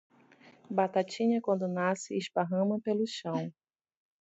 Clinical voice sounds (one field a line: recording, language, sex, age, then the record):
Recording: short text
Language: Brazilian Portuguese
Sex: female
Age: 40 to 49 years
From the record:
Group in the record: control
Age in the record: 40 years